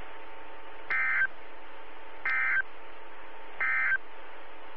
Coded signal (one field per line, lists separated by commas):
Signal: Emergency Alert System (SAME) tones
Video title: 2021-05-03 - W5NGU 146.9200 MHz Denton County ARA